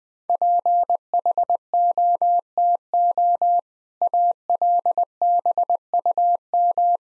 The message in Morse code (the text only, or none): PHOTO ALBUM